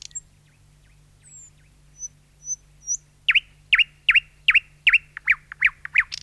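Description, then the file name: Thrush nightingale song opening with soft high whistles that give way to a series of loud, strongly repeated throaty notes at an even quick pace. "satakieli"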